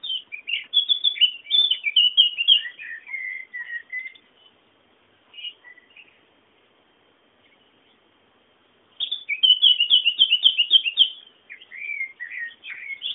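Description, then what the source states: Bird song, fast high twittering phrases, a brief chirp in a quiet gap, then another dense twittering run. Background bird sounds.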